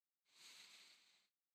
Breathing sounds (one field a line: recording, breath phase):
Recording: one breath near a microphone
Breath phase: inhalation